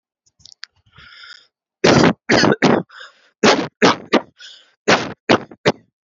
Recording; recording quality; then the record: shallow voluntary cough; excellent, no background noise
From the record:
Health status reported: healthy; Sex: male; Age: 30 years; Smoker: yes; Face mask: not worn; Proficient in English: yes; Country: India